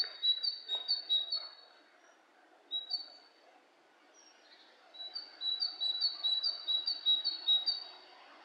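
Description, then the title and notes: Bird calls: bursts of high, thin, two-tone chirps repeated quickly, a pause, then a longer chirping run near the end over faint background hiss. Two birds interacting, lo-fi recording. "bird dialogs. lo-fi recording of two birds interacting"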